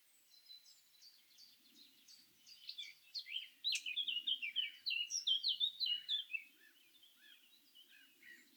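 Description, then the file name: Eurasian blackcap song: a fast, jumbled warble of scratchy and clearer notes building in loudness, with faint low noise beneath. "Sylvia atricapilla"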